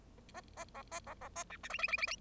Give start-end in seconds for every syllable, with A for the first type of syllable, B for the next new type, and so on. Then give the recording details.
0.34-0.41 A, 0.57-0.64 A, 0.75-0.82 B, 0.91-1.00 A, 1.07-1.14 B, 1.21-1.28 B, 1.35-1.44 A, 1.50-1.57 C, 1.63-1.69 D, 1.70-1.78 E, 1.78-1.88 E, 1.88-1.97 E, 1.98-2.07 E, 2.07-2.16 F. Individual Bird0